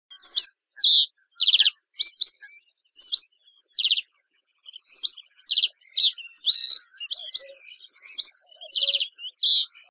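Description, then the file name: Common reed bunting calls: a series of high, thin chirps and short buzzy notes with brief gaps. "Migliarinodipalude"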